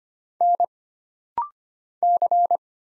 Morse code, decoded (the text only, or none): N C